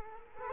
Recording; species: mosquito wingbeat signal from an infrared sensor; Culex quinquefasciatus